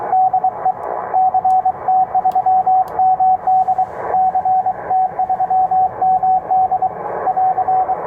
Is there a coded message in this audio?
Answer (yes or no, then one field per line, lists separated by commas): yes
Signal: Morse code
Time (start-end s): 0.1-7.9 s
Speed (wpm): 24 wpm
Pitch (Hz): 750 Hz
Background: radio noise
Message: DE CT3MD CT3MD <AR>